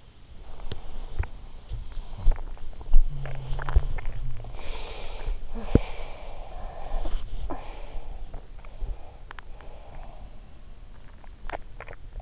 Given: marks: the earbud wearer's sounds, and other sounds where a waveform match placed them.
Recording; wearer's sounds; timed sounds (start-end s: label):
sounds in sleep by an in-ear microphone; body movement, teeth grinding, swallowing, talking in sleep
0.00-12.22 s: body movement
0.61-1.35 s: teeth grinding
2.09-2.71 s: swallowing
2.87-4.18 s: teeth grinding
4.56-6.37 s: sound from someone else or the room
6.93-8.53 s: talking in sleep
9.16-9.76 s: teeth grinding
11.21-12.15 s: teeth grinding